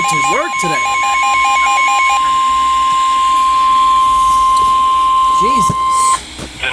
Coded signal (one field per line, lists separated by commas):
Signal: Emergency Alert System (SAME) tones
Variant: 1050 Hz attention tone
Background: speech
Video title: Here we go again. (EAS#349-353)